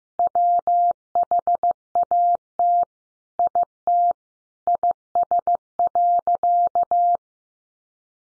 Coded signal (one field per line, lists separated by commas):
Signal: Morse code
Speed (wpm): 15 wpm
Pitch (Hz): 700 Hz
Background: none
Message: WHAT IT IS.